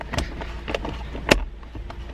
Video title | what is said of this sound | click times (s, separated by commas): How To Install A Short Throw Shifter In A WRX | and click click click and there it is | 0.0 s, 0.8 s, 1.3 s